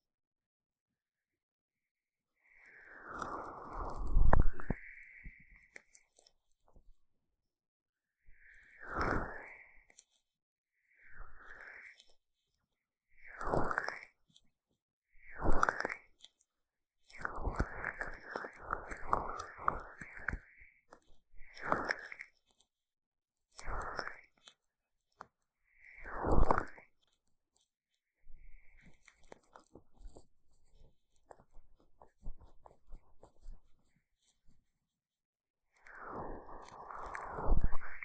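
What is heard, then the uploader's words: Sticky, squelching strokes of aloe gel during an ear massage come in separate wet bursts every few seconds, with quiet pauses between. ASMR 蘆薈凝膠按摩耳朵 | Aloe based gel sticky Earmassage | 3Dio | NoTalking.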